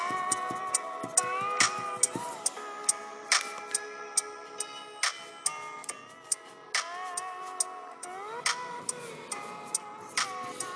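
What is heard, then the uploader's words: Lofi music plays steadily with soft sustained tones and gently gliding melody notes, while sharp, irregular taps and clicks cut through every second or so, like typing or pencil strokes. A few louder knocks stand out near three, five and eight seconds. Lofi study with me with pencil, page flipping and typing ASMR.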